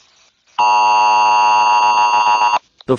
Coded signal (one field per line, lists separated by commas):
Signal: Emergency Alert System (SAME) tones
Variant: 853 and 960 Hz attention tone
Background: speech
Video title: EAS scenario: selever.exe mid fight masses crew's revenge